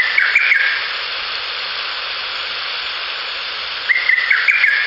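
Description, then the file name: Lesser cuckoo song: two sharp, choppy whistled phrases, one at the start and one near the end, separated by a pause filled only with constant hissing noise. "ホトトギス 遠藤"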